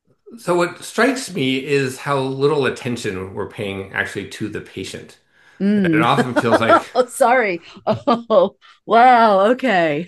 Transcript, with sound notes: So what strikes me is how little attention we’re paying, actually, to the patient. And it often feels like…
Hmm [laughs] Sorry. Oh, wow, okay.